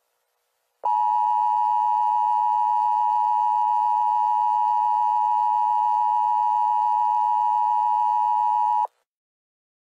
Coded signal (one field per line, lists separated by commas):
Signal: Emergency Alert System (SAME) tones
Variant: 853 and 960 Hz attention tone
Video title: EAS: CHUCK NORRIS ALERT (Re-Edited 2014)